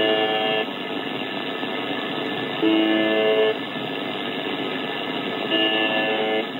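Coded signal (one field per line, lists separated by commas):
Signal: channel marker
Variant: UVB-76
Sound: three short harsh buzzes about 2.5 seconds apart through shortwave hiss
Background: radio static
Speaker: so now i'm going to let you hear a live uh version of the uvb 76 this is uh on a youtube channel called swl and you'll get to hear what it sounds like live as i'm recording this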